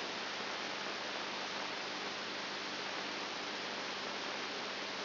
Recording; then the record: brain microelectrode recording played as sound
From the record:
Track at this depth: outside the subthalamic nucleus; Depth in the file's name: 6.7 mm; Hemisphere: right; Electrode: 2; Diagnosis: Parkinson's disease